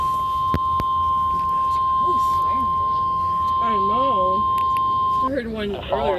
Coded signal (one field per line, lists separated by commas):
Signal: Emergency Alert System (SAME) tones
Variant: 1050 Hz attention tone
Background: speech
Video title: Severe Thunderstorm Warning for Green Bay EAS #136